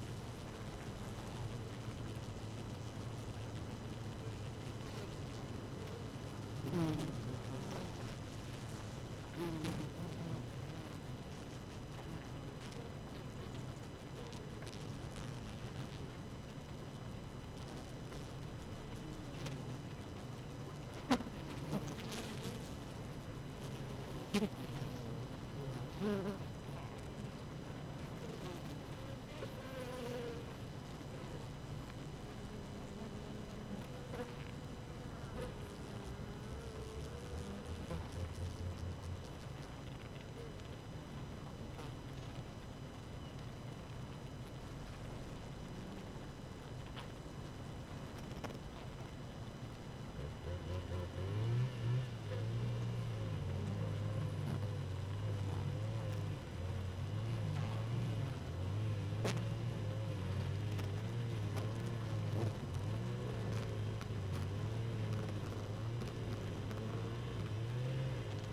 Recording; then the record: honeybee colony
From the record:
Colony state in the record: active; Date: 12 June 2018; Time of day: 4:18